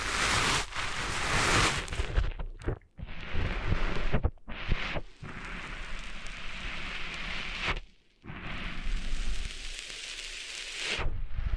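ASMR ear cleaning to get sand out, heard as dense, gritty rustling and crackling scratches that fill the sound in long stretches. Brief silent pauses break it up near the third, fourth to fifth and eighth seconds before the scraping resumes.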